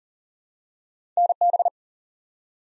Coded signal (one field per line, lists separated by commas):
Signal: Morse code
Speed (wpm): 40 wpm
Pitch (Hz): 700 Hz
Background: none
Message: NB